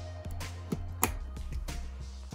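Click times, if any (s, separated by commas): 1.0 s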